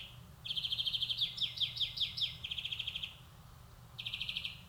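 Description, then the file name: European greenfinch trilling, a run of twittering notes in the middle, then a short pause and another trill. "Chloris chloris"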